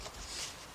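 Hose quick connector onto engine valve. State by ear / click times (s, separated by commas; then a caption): not seated / none. A hose quick connector on the end of an engine hose is being handled and hooked onto an engine valve. Only faint, steady low-level handling noise is heard over 0.8 seconds. Nothing has seated or clicked yet.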